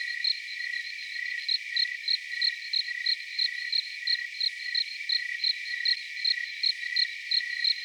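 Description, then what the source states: Cricket chirps, bright high pulses repeating roughly three per second with uneven spacing, above a constant shrill insect drone. Cricket recorded outside.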